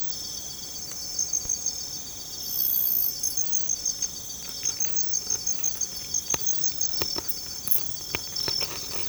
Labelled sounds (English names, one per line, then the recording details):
none
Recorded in secondary vegetation near Puerto Asís, Putumayo, Colombia, on 20 December 2024 at 01:00
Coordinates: 0.468, -76.324
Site G095